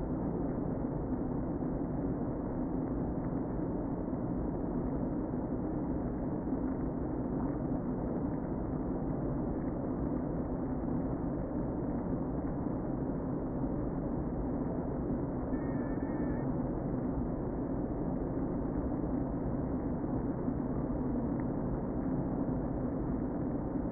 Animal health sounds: honeybee colony, microphone inside the hive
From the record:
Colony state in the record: queen present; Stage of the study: before two queens were removed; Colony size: about 60,000 bees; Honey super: yes

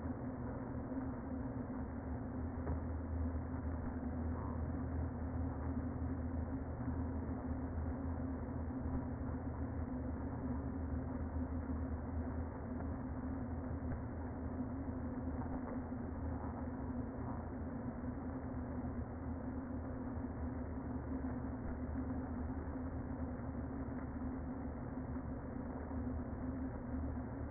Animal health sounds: honeybee colony, microphone inside the hive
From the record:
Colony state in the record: queen present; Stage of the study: before two queens were removed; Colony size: about 60,000 bees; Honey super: yes

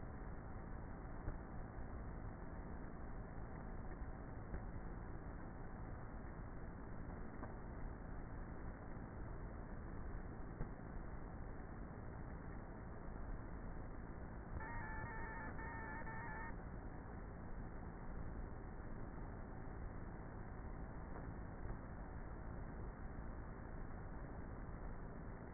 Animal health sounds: honeybee colony, microphone inside the hive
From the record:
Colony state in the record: queenless with a low population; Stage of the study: before two queens were removed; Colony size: about 30,000 bees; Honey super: no

